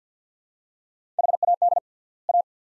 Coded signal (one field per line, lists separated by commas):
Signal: Morse code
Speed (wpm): 50 wpm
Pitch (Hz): 700 Hz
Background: none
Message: HAD A